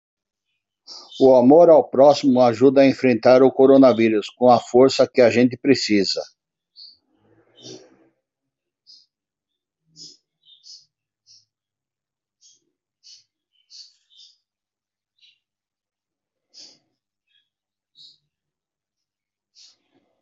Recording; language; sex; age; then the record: spoken sentence; Brazilian Portuguese; male; 50 to 59 years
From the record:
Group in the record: control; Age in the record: 57 years